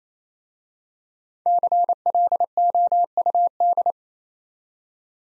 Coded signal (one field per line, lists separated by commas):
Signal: Morse code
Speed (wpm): 27 wpm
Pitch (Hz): 700 Hz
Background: none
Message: CLOUD